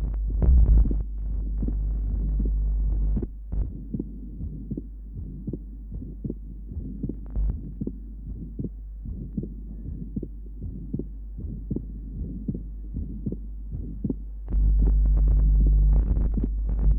An adult with an atrial septal defect. The normal first sound, the grade 1/6 ejection systolic murmur, and the wide fixed splitting of the second sound. Recording is taken from the pulmonary area.